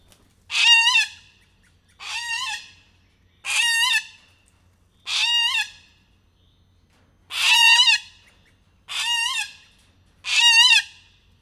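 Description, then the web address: Little corella giving seven harsh, grating screeches in a steady rhythm, with a short gap midway. Zoo bird in captivity, recorded in 2018 at a zoo in Miskolc, Hungary; described as emboldened. "allathangok miskolcizoo 2018 csupaszszemu kakadu felbatorodva"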